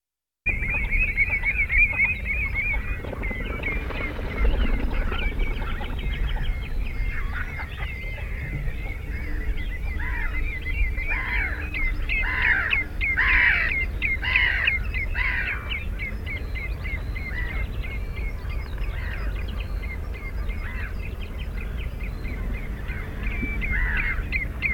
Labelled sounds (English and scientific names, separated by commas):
Northern Shoveler (Anas clypeata) call, Common Redshank (Tringa totanus) call